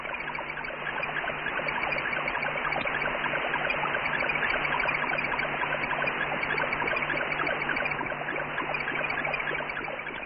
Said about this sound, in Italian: La sera del 27 ottobre 1962 piove davvero questo segnale sull'antenna di Bochum. È l'Explorer 15, un vero e proprio laboratorio scientifico automatico che studiò, tra l'altro, la fascia di radiazioni sviluppata artificialmente il 9 luglio